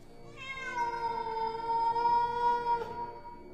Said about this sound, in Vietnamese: Vừa nói đến đây thì tự nhiên chúng tôi nghe tiếng mèo kêu đến rợn cả người.